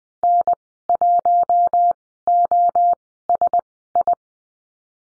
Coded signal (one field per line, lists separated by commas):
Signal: Morse code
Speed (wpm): 20 wpm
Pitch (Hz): 700 Hz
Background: none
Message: N1OSI